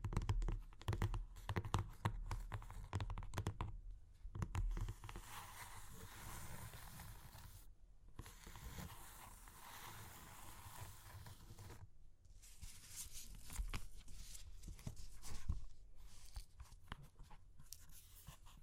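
Dry clay crunches and cracks in dense bursts of sharp crackles, loudest in the first few seconds and again around 15 seconds. Brief quiet gaps fall near 4, 7.5 and 12 seconds, between stretches of steady grinding crunch with low rumbling thuds.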